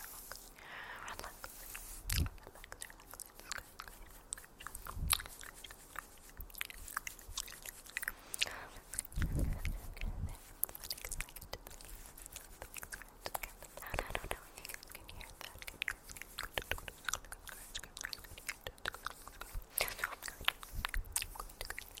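Hair play and nail tapping make a dense, irregular stream of soft crackles and quick taps throughout, bright and crisp like crunching. Fuller, duller thumps stand out now and then, near 2, 9, 14 and 20 seconds.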